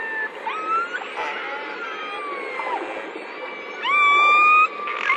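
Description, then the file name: Orca whistles, several overlapping tonal calls sliding and rising, a loud steady whistle with a strong harmonic near the end, over constant background noise. "le chant des orques"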